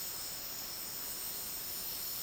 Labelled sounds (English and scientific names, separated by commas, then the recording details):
none
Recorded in dense forest near Puerto Asís, Putumayo, Colombia, on 24 March 2025 at 14:00
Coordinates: 0.499, -76.324
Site GP03